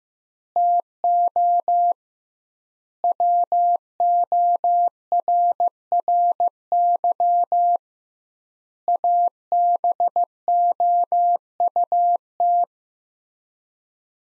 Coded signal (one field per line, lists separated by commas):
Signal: Morse code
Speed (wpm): 15 wpm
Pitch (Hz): 700 Hz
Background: none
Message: TO WORRY ABOUT